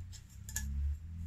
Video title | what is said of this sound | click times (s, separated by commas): Cook Kit Breakdown - Compact Camping Set Up | has the pinch pinch grip handles on there that lock into place that's a real bonus and | 0.5 s, 0.6 s